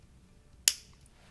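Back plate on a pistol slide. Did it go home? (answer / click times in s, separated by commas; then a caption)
yes / 0.7 s. A pistol slide back plate is slid down over the pressed-down spring and rod part until it clicks into place at 0.7 s with a single sharp, bright click. A much fainter tick follows at 1.1 s, and the back plate ends up seated.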